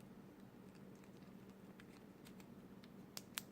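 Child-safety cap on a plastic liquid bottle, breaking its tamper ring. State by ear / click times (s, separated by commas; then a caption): released / 3.2 s, 3.4 s. A child-safety cap on a new plastic e-liquid bottle is twisted open, breaking its tamper-evident safety ring. Faint crackles and small clicks of the twisting lead up to two sharp pops at 3.2 and 3.4 seconds as the ring separates. The cap releases and the bottle is open.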